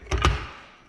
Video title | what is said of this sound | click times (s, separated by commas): HARBOR FREIGHT DAYTONA JACK REVIEW - MUST WATCH | snaps right in pretty easily | 0.1 s, 0.2 s